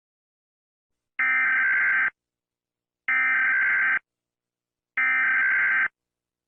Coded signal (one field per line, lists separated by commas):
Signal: Emergency Alert System (SAME) tones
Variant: header bursts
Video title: EAS Scenario: Klasky Csupo Splatt